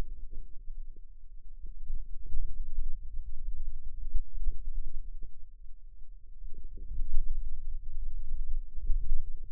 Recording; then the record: forearm muscle sounds (acoustic myography)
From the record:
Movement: hand closing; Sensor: system 2, bracelet of six BSWA MPA416 microphones around the upper forearm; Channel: 1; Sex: female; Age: 21 years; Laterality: right